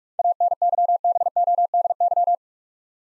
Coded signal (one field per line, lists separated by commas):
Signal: Morse code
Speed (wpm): 42 wpm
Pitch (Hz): 700 Hz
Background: none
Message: ANYBODY